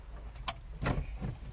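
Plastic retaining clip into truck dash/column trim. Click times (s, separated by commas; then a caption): 0.5 s. A plastic retaining clip is pushed back onto the instrument cluster / steering column trim assembly of a 2001 Ford F-150 pickup after an intermittent odometer repair, and it seats with a sharp, bright click at 0.5 s. Softer handling and rustling follow around 0.9 s and 1.3 s as the clip seats in place.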